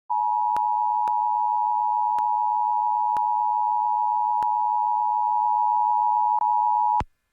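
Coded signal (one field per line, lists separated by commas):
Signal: Emergency Alert System (SAME) tones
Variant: 853 and 960 Hz attention tone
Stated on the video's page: Real severe thunderstorm warning relayed on an FM station.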